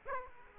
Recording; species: mosquito wingbeat signal from an infrared sensor; Aedes aegypti